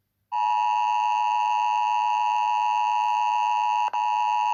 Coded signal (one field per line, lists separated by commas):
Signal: Emergency Alert System (SAME) tones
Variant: 853 and 960 Hz attention tone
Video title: Rating EAS Alarms From Around The World (Part 2)